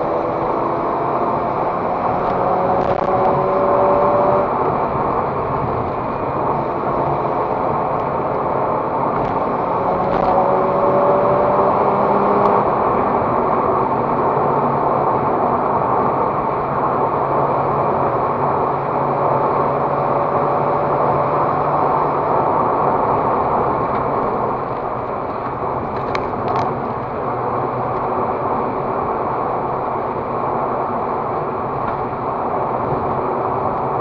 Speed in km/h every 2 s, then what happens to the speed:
119, 126, 132, 118, 127, 134, 142, 140, 134, 133, 140, 141, 116, 112, 122, 122, 121.
0-3 speeds up to 132. 3-7 slows to 118. 7-11 speeds up to 142. 17-22 speeds up to 141. 22-25 brakes to 112. 25-28 speeds up to 122. 28-34 steady at about 122.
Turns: none.